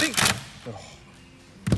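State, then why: Stripped. Someone talks while undoing a metal bolt in the head unit mounting bracket of the factory stereo from a 2016 to 2020 Toyota Hilux, and the bolt slips and strips out while being undone. A sharp metallic slip is heard at 1.7 s after a quiet stretch, leaving the bolt stripped.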